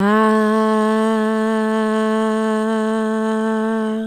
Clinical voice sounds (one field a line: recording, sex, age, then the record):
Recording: sustained vowel /a/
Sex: female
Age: 30 to 39 years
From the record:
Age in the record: 32 years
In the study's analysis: included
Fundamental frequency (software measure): 219 Hz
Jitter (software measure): 0.41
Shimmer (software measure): 0.72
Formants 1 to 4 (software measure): 1149 Hz, 1871 Hz, 3241 Hz, 4078 Hz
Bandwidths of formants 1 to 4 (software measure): 225 Hz, 164 Hz, 328 Hz, 390 Hz